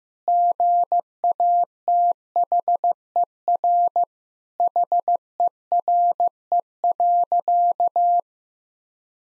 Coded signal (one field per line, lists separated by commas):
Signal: Morse code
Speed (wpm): 15 wpm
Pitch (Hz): 700 Hz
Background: none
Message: GATHER HERE.